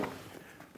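A folding fishing chair's leg is folded out toward its locked position in the chair frame, giving soft handling and rubbing noises with a duller low thump near the start. Nothing has seated or clicked yet; the leg is not yet locked into place.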